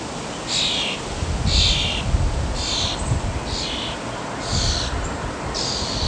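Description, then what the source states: European Starling giving harsh, rasping calls, six in a row spaced about one second apart, over a steady low rumble of background noise. Juvenile bird.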